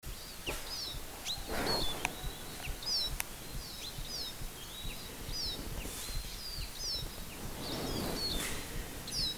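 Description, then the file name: Eurasian siskin song, a stream of quick high twitters and squeaky slurred notes, soft beneath continuous noise with occasional clicks and rustles. "Albert Lastukhin - Eurasian Siskin (Spinus spinus)"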